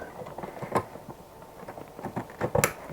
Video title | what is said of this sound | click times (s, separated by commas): How to replace the Headlamp Bulbs in a 2007 Suzuki GSX-R Motorcycle w/Paul Henderson | Snapped in place. | 2.6 s